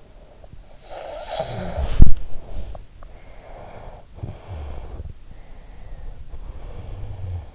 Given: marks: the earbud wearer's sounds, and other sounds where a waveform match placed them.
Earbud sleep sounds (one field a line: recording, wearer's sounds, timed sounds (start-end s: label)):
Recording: sounds in sleep by an in-ear microphone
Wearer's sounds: snoring breath, body movement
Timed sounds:
0.40-2.35 s: snoring breath
1.54-3.15 s: body movement
3.15-7.54 s: snoring breath